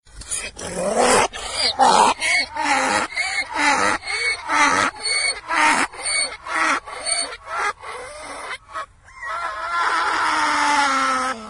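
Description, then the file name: Donkey braying, a long run of harsh rhythmic hee-haw notes about once a second, ending in a long drawn-out bray. Ringtone recording. "donkie"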